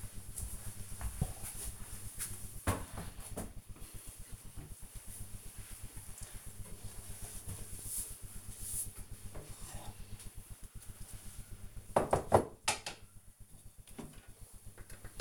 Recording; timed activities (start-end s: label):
household activities, microphone on the right wrist
none